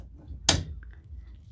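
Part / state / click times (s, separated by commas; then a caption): steel tray leg into plastic tray-top bracket / seated / 0.5 s. The second steel leg of a Table Mate folding TV tray table is squeezed and pushed into its plastic tray-top bracket. A sharp, loud click at 0.5 s is followed by two faint ticks near 0.8 and 0.9 s, all over a low background hum. The leg locks into place.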